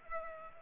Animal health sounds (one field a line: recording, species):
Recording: mosquito wingbeat signal from an infrared sensor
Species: Culex pipiens